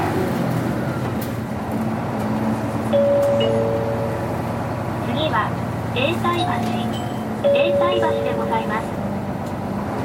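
A city bus engine hums steadily, a dense low rumble that holds throughout. Short high tones sound near three seconds and again near seven and a half, and a voice, likely an onboard announcement, speaks faintly in the second half.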